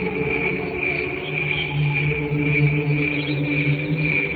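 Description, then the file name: Cricket song, a continuous high pulsing note above a continuous low hum and humming tones. "canto grilli"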